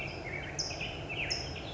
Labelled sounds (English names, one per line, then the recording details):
California Towhee
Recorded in Sonoma County, California